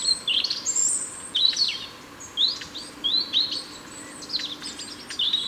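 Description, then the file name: European robin giving short, high, sweet phrases, each a quick twittering flourish, with brief pauses between them. "Erithacus rubecula"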